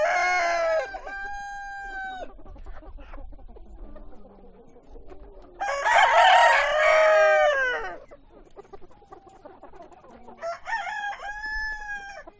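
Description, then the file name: Chicken crowing: long rooster crows with harmonic, slightly falling notes at start, middle and end, with softer clucking between them. Chickens on a chicken farm. "west wolf Chicken farm"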